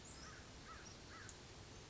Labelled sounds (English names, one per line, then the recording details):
American Crow
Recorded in Sonoma County, California